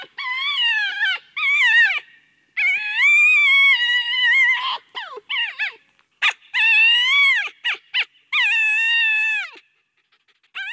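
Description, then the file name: Red fox calls: a series of whining, yelping cries and short barks of varied length, some wavering and strained, with brief gaps between them. "Renard"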